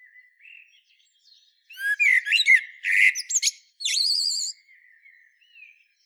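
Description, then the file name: Common blackbird song: mellow warbled notes give way to a squeaky, chattering high twitter, with soft notes before and after. "Turdus merula"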